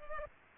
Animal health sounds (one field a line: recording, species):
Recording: mosquito wingbeat signal from an infrared sensor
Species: Culex pipiens